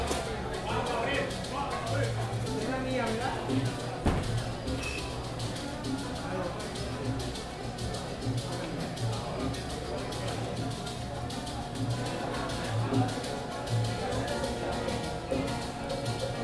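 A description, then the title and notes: A walk down a street in Havana, with overlapping voices chatting throughout, steady. A low hum runs underneath, and a sharp knock lands around the four-second mark amid scattered clatter and street bustle. Stroll down Calle Empedrado in Havana, Cuba. Walking down to La Bodeguita del Medio, in Havana, Cuba.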